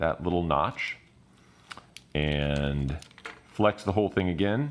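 Someone talks while tucking the inner carabiner piece under a little notch on the outer carabiner frame and flexing the whole thing, with a few faint handling ticks around 1.7 to 2.0 s. Nothing has seated or clicked yet; the inner piece is not yet home in the frame.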